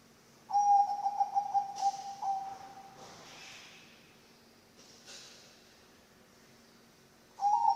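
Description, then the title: Zebra dove: a long steady cooing phrase with broad noise bursts during and after it, then another phrase begins at the end. Bangkok-type zebra dove song, used as a training (masteran) recording for other birds and as a lure (pancingan). "mster Mnuk. SUARA OCEHAN BURUNG PERKUTUT BANGKOK Untuk MASTERAN dan PANCINGAN"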